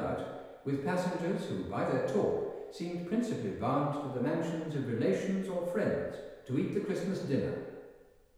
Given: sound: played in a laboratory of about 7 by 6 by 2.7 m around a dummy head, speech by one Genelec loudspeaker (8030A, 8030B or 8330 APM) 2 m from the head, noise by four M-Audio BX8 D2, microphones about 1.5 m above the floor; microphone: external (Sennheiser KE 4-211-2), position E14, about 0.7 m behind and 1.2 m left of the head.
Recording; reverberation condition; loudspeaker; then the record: male speech in English; high; 150 degrees to the right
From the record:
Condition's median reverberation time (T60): about 1300 ms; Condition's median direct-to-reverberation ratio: about -4.0 dB